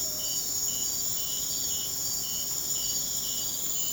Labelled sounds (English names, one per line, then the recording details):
none
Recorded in secondary vegetation near Puerto Asís, Putumayo, Colombia, on 30 June 2025 at 02:00
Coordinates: 0.500, -76.326
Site GP08